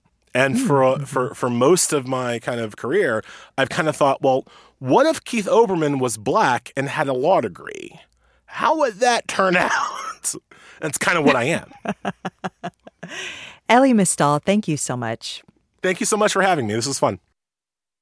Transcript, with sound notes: And for most of my kind of career, I've kind of thought, well, what if Keith Olbermann was Black and had a law degree? How would that turn out? That's kind of what I am.
(Laughter) Elie Mystal, thank you so much.
Thank you so much for having me. This was fun.